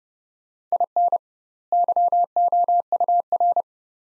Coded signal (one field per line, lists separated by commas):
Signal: Morse code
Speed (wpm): 30 wpm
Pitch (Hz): 700 Hz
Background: none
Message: IN YOUR